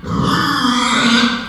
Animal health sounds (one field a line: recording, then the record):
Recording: squeal of a Yucatan mini pig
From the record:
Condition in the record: after surgery on the right vocal fold (resection and tissue-engineered implant)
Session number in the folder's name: 16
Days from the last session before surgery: 183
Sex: female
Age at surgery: 19 weeks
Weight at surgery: 25 kg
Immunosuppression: prednisolone